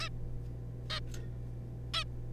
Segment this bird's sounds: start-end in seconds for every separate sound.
0.01-0.09, 0.90-1.00, 1.94-2.04